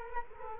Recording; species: mosquito wingbeat signal from an infrared sensor; Culex quinquefasciatus